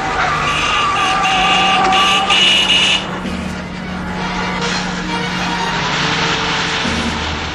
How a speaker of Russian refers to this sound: На перерез по дороге проезжает грузовик.